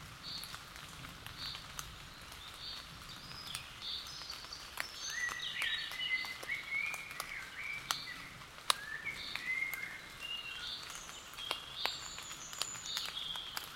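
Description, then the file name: Common blackbird delivering a string of varied phrases with short pauses, over scattered ticking background sounds. "Turdus merula"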